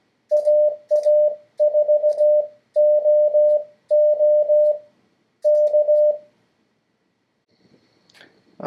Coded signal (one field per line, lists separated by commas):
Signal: Morse code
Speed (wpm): 16 wpm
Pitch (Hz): 600 Hz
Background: none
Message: AA4OO K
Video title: Practice Sending CW